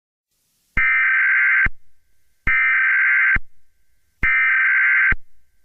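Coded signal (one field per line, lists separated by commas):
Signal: Emergency Alert System (SAME) tones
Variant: header bursts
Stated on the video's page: Fictional analog horror EAS scenario about a global earthquake.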